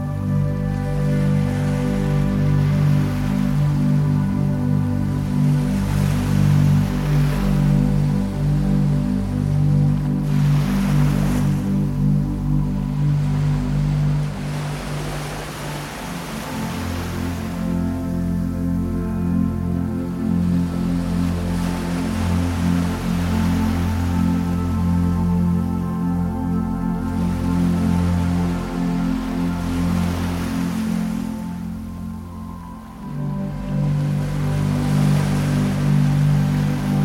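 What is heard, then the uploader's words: Ocean waves wash in roughly every five seconds over a steady bed of low, humming tones that shift pitch slightly near the midpoint. A blend of ocean waves and 17Hz frequency binaural beats.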